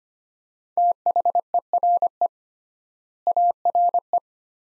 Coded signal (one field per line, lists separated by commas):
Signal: Morse code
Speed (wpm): 25 wpm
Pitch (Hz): 700 Hz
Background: none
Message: THERE ARE